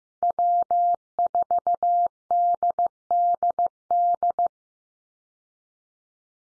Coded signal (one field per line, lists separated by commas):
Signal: Morse code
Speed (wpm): 15 wpm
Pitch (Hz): 700 Hz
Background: none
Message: W4DDD